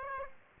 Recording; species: mosquito wingbeat signal from an infrared sensor; Aedes aegypti